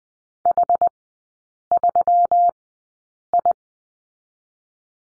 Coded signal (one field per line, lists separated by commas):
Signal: Morse code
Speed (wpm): 20 wpm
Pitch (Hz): 700 Hz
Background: none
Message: H3I